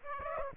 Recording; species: mosquito wingbeat signal from an infrared sensor; Aedes aegypti